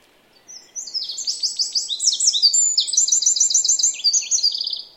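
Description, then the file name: Eurasian wren song: an energetic, high, rapid series of trills and buzzy rattles that starts after a brief pause and pours on for over four seconds. "Troglodytes troglodytes"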